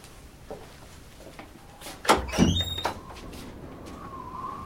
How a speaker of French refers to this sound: Bon, je te laisse, on frappe à la porte.